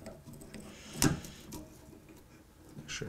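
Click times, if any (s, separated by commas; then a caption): 1.0 s. A 1500 grit water stone is pushed into the stone holder of a Ruixin Pro RX-008 knife sharpener. A sharp click at 1.0 s marks it locking into place, with a few faint taps and scrapes around it. The stone is seated.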